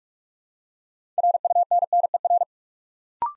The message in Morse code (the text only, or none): RUNNER